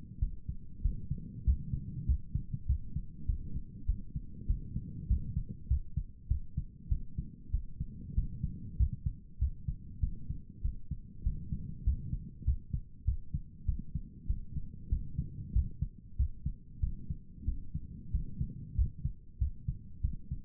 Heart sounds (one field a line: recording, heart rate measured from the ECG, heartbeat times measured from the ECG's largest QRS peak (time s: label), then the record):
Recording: heart sounds by stethoscope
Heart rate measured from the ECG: 97 bpm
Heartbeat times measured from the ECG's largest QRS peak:
0.19 s: heartbeat
0.81 s: heartbeat
1.44 s: heartbeat
2.05 s: heartbeat
2.66 s: heartbeat
3.26 s: heartbeat
3.85 s: heartbeat
4.46 s: heartbeat
5.07 s: heartbeat
5.67 s: heartbeat
6.27 s: heartbeat
6.88 s: heartbeat
7.50 s: heartbeat
8.14 s: heartbeat
8.76 s: heartbeat
9.38 s: heartbeat
9.99 s: heartbeat
10.61 s: heartbeat
11.23 s: heartbeat
11.83 s: heartbeat
12.44 s: heartbeat
13.04 s: heartbeat
13.65 s: heartbeat
14.26 s: heartbeat
14.89 s: heartbeat
15.52 s: heartbeat
16.16 s: heartbeat
16.79 s: heartbeat
17.44 s: heartbeat
18.10 s: heartbeat
18.75 s: heartbeat
19.38 s: heartbeat
20.01 s: heartbeat
From the record:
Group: healthy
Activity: rest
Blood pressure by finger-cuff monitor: 115/68 mmHg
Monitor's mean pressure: 80 mmHg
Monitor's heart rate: 97 bpm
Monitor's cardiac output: 8.3 L/min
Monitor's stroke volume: 87 mL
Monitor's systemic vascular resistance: 700 dyn s/cm5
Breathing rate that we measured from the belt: 18 breaths a minute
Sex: male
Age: 19 years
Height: 178 cm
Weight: 83 kg